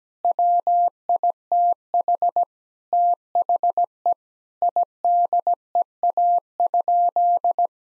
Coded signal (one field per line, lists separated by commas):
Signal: Morse code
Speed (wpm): 17 wpm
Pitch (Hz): 700 Hz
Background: none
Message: WITH THE IDEA?